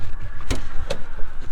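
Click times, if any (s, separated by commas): 0.5 s, 0.9 s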